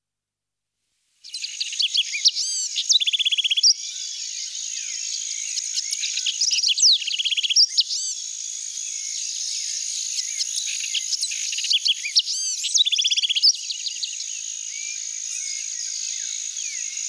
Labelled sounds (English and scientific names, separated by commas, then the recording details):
House Wren (Troglodytes aedon) song
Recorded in the wild
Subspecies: musculus
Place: Quepos / Manuel Antonio Nationalpark, CR
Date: 1992-04-22
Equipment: Dat-Recorder Casio DA 7, Telinga DAT, Telinga-Parabolspiegel
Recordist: Schwarz, Dieter